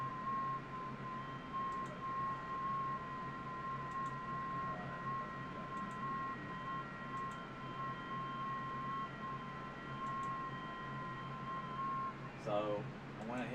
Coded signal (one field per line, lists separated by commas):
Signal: FT8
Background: speech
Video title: FT8 and Some HF Action Live 05/17/2025 #hamradio